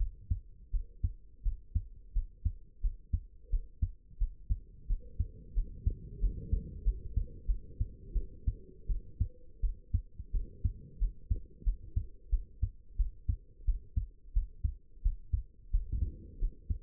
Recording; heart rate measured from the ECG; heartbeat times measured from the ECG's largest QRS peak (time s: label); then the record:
heart sounds by stethoscope; 88 bpm
0.72 s: heartbeat
1.44 s: heartbeat
2.14 s: heartbeat
2.82 s: heartbeat
3.51 s: heartbeat
4.19 s: heartbeat
4.88 s: heartbeat
5.54 s: heartbeat
6.20 s: heartbeat
6.84 s: heartbeat
7.47 s: heartbeat
8.13 s: heartbeat
8.88 s: heartbeat
9.61 s: heartbeat
10.32 s: heartbeat
10.99 s: heartbeat
11.64 s: heartbeat
12.30 s: heartbeat
12.97 s: heartbeat
13.66 s: heartbeat
14.34 s: heartbeat
15.03 s: heartbeat
15.71 s: heartbeat
16.39 s: heartbeat
From the record:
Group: healthy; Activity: cold pressor test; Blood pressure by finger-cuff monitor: 84/48 mmHg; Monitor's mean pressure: 63 mmHg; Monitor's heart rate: 88 bpm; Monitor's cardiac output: 8.3 L/min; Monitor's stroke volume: 95 mL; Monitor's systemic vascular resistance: 550 dyn s/cm5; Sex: female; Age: 22 years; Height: 161 cm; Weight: 65.5 kg